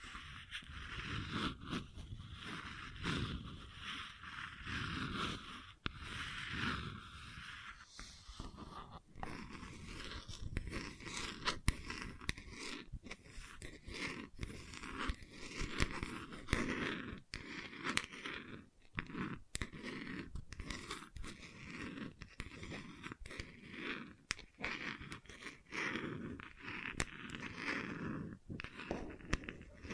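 Gentle scratching continues without a break, a dense, busy rasp with crisp clicks and taps scattered throughout, steady in level from start to finish.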